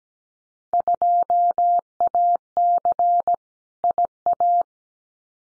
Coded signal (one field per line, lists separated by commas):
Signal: Morse code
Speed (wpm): 17 wpm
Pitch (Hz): 700 Hz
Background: none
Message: 2AC IA